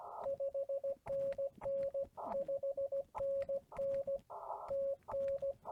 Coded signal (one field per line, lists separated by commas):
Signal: Morse code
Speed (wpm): 16 wpm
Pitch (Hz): 550 Hz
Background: radio noise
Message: 5NN 5NN TN